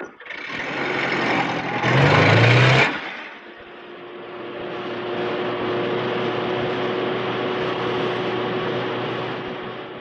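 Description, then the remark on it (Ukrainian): A car engine roars to life with a loud rev lasting about a second, then settles into a steady, even drone as the vehicle pulls away and keeps moving, driving to Rotmistrov's army. No voices. “Комаров, машины!”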